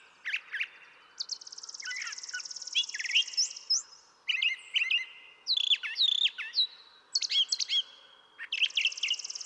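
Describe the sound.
Brown thrasher song, a varied mix of harsh chips, slurred whistles and long buzzy trills, phrases following one another with little pause.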